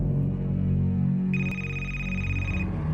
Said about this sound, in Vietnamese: Chuông điện thoại của nó đổ, nó lo lắng đánh rơi chiếc máy xuống đất.